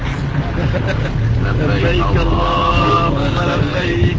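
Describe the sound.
Steady, loud rumble of road and wind noise rushing through an open window of a moving car at Arafat, with muffled voices talking underneath the constant roar.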